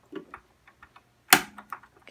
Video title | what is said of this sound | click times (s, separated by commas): Sewing Machine 101: The Basics of Machine Threading and Use | kind of hear it snap in there some people just | 1.3 s